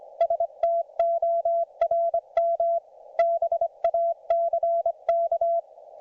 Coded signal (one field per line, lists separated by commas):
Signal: Morse code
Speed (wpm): 25 wpm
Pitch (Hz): 690 Hz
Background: none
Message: STORM BACK